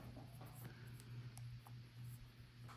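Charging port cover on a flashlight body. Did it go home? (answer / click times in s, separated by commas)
released / 1.4 s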